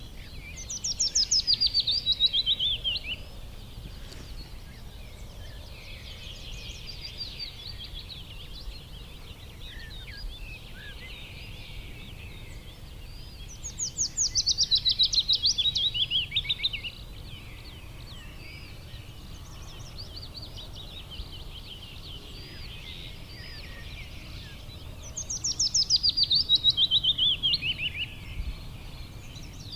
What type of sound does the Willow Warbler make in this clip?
song